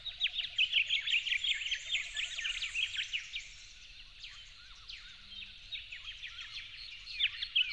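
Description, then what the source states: Yellow-faced honeyeater song: busy bright chirping, loud at the start and end with a quieter stretch in the middle, several notes overlapping. Recorded at dawn on 08/01/12.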